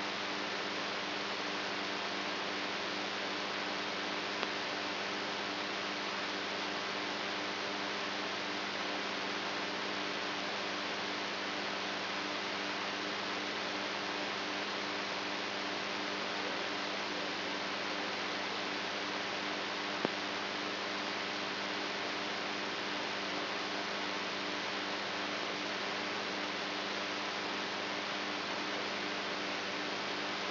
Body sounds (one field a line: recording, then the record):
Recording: brain microelectrode recording played as sound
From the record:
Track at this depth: inside the subthalamic nucleus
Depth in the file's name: 3.717 mm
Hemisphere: right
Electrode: 3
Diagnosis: Parkinson's disease